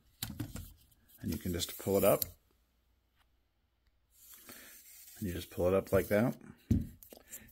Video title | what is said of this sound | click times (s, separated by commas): My Review Of the Pivo Tripod - Great for the price? | and it locks | 7.0 s